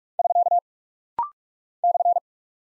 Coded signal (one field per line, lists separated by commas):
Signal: Morse code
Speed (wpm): 46 wpm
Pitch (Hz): 700 Hz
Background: none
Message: <SK> /